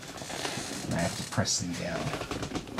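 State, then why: Not seated. Someone talks while handling a stock CPU cooler, getting ready to press its plastic push pins down into the motherboard holes. A few brief handling noises come near the end, but none of the push pins has clicked into place yet.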